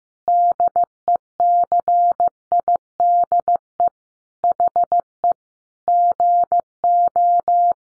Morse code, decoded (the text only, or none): DECIDE HE GO